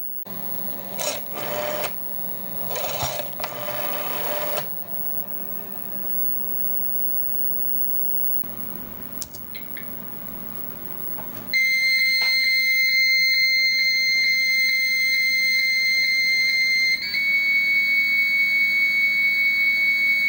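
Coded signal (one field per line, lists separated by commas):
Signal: 300-baud modem data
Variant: Bell 103, 300 baud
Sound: mechanical clatter and clicks, a pause, then a steady high whistling modem carrier tone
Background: room noise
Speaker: I'm gonna flip to originate and we're gonna use the rotary phone to dial in to the to the tell tone and see if we could get the computer to answer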